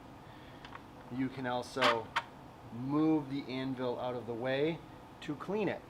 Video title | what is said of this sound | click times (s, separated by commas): How to use the IR Spectrophotometer | tightened down onto the sample you'll hear a click | 0.6 s, 0.8 s